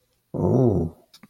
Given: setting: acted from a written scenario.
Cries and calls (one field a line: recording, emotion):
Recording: vocal sound without words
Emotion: desire